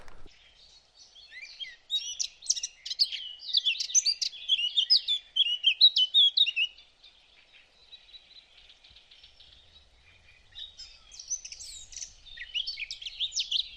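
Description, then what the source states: Eurasian blackcap song: a rich, fast warbling of high, varied notes in two bursts separated by a quiet gap of a few seconds. Singing bird perched overhead by a lake on a sunny, hot day, recorded with a parabolic microphone.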